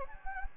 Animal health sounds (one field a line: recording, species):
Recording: mosquito wingbeat signal from an infrared sensor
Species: Anopheles gambiae